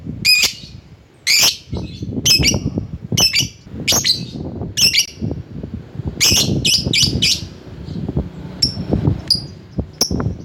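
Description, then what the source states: Lovebird uttering clusters of shrill, rasping chirps, some doubled, then thinner single notes, against steady low rumbling and tapping noise. Lovebird calling to a rival.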